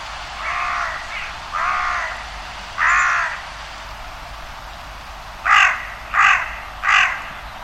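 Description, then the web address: Bird with hoarse, crow-like caws, three drawn-out calls at first, then a pause, then three shorter, sharper caws in quick succession, over steady background hiss. "cianscape. Deverinetal 2025. Bird Only"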